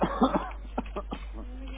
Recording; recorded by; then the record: voluntary cough; telephone call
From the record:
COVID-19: positive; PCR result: checked with the laboratory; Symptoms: no